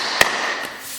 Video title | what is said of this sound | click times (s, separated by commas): mini barndominium waterproof vinyl planking floor | That kind of locks it into place. | 0.2 s